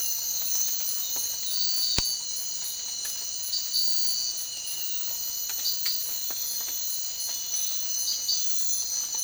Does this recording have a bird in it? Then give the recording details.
no. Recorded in secondary vegetation near Puerto Asís, Putumayo, Colombia, on 19 March 2025 at 02:30. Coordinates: 0.499, -76.323. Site G094